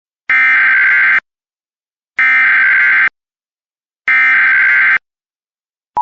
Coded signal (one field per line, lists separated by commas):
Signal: Emergency Alert System (SAME) tones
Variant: header bursts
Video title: EAS Compilation of Only Civil (Non-Weather) Alerts Vol. 1